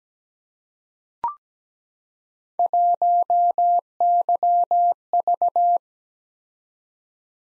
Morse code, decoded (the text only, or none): 1YV